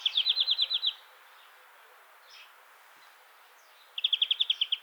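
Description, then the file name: European greenfinch: two quick rattling trills of evenly spaced notes, a few seconds apart, with soft faint notes in the gap. "Chloris chloris"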